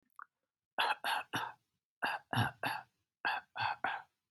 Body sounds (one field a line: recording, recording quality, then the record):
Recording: shallow voluntary cough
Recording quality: moderate, slight background noise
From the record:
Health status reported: healthy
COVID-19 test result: negative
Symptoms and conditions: none ticked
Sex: male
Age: 23 years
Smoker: not ticked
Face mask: not worn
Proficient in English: yes